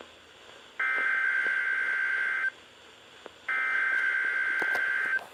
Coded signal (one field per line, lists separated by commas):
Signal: Emergency Alert System (SAME) tones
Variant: header bursts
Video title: Required weekly test (EAS #86) (Radios: midland wr400, hh54vp, hh50) ( KHA99 ) 7-8-20